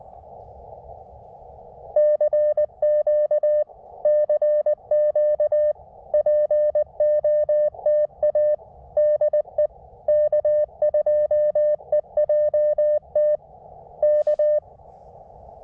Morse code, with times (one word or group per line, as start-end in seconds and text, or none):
2.0-3.6 CQ
4.0-5.7 CQ
6.1-8.6 POTA
9.0-9.7 DE
10.1-13.4 K2EJT
14.0-14.6 K